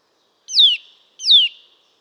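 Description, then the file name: Eurasian nuthatch call: a pair of clear whistled notes, each dropping steeply in pitch, spaced under a second apart. "Sitta europaea"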